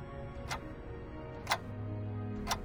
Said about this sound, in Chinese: 蓝色的时钟滴答滴答地走着，每一下都走得精准无比，是整个黑塔世界所有时钟的标杆。